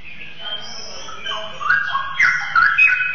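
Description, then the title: Oriental magpie-robin song, a varied run of whistled and chirping notes that grows louder and busier toward the end. "Kicau Kacer"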